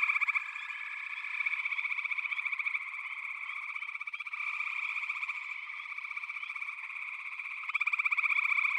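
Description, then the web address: Chorus of many frogs giving fast pulsed trills, with louder stretches near the start and at the end over a steady overlapping background of calls. A chorus of frogs calling together. "The Natural Sounds of the Wilderness. Echoes of Nature - Frog Chorus"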